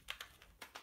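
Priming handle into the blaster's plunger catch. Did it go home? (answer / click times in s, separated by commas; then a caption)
no / none. A plastic priming handle on a foam-dart toy blaster is handled as it is pulled back toward the blaster's plunger catch. Several short, bright taps and rattles are heard, the sharpest near 0.1 and 0.2 seconds, with more around 0.6 and 0.8 seconds. Nothing has latched or seated yet.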